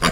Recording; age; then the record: pig call; piglet (1 to 25 days)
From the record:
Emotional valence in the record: positive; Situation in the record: reunion after long isolation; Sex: female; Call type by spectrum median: low-frequency call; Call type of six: low-frequency tonal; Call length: 0.12 s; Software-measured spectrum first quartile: 629 Hz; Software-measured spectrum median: 1527 Hz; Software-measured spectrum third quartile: 3705 Hz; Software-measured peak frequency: 171 Hz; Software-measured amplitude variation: 151 dB a second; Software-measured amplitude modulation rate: 12.1 a second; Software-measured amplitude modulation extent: 12.5 dB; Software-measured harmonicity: -1.5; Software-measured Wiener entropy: -1.68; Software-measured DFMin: 665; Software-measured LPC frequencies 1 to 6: 1130, 2172, 2962, 3720, 4763, 5649 Hz